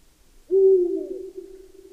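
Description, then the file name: Eurasian eagle-owl hooting once: a loud, low note followed by a drawn-out, softening tail lasting over a second. "Berguv"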